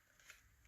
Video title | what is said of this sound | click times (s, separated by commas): Cold Steel and a Kabar Becker Piggyback | once it's there you can just push it forward and it clicks into place | 0.3 s